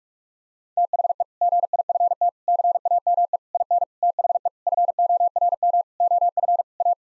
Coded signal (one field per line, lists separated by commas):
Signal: Morse code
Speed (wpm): 41 wpm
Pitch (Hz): 700 Hz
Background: none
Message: THE GIFT CAME IN THE FORM OF A